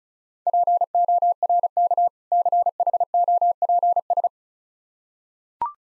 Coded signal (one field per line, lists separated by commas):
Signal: Morse code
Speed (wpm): 35 wpm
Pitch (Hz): 700 Hz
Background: none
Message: PORK CHOPS